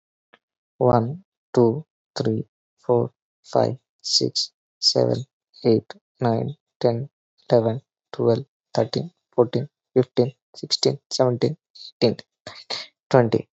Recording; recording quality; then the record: counting at a normal pace; excellent, no background noise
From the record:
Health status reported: COVID-19 positive, mild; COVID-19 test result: positive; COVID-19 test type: RT-PCR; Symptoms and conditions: cold, breathing difficulty, sore throat, fever, fatigue, muscle pain, loss of smell and taste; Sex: male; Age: 33 years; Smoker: no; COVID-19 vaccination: both doses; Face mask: worn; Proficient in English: yes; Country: India